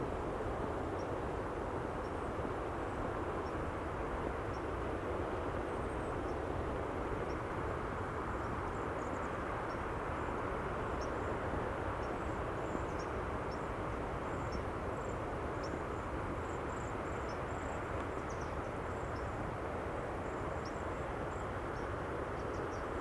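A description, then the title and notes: A steady, dense low roar of Pacific surf on the Washington coast fills the recording, with faint, high bird chirps scattered throughout. Beard's Hollow. Recorded August 25th, 2022 at Cape Disappointment on the Pacific Coast in Washington. The raw field recording without an original musical score.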